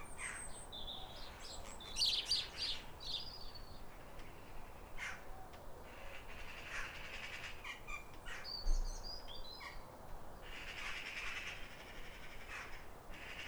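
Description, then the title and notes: European robin song: thin, high warbling phrases heard at intervals, with separate bursts after a pause, over a steady low background hiss. Pair of robins in neighbouring gardens singing in reply to each other at a clear, calm, rosy sunrise after weeks of rain, New Year, midwinter, countryside. "Be uplifted by a chorus of New Year's robins. A pair of robins in neighbouring gardens welcome the early sun with wistful phrases as if chatting over the fence. It's a duet to warm the soul in the depths of winter. Recorded by Fergus Collins"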